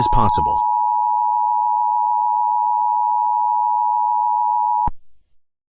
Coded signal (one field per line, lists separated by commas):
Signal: Emergency Alert System (SAME) tones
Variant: 853 and 960 Hz attention tone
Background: speech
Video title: EAS Scenario: World War 3